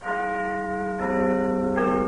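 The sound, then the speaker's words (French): A clock chimes in three ringing bell tones, each new strike entering about a second apart and layering over the sustained hum of the last, with no voices. “C'est une horloge.”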